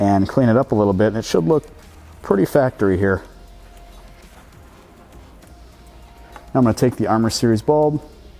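Someone talks over soft background music while handling an LED turn signal bulb at the plastic bulb socket in the headlight housing of a 2014-2018 Jeep Cherokee. A brief sharp sound comes at about 6.4 s, and the talking resumes. The clip ends before the bulb goes home, so nothing has seated or clicked yet.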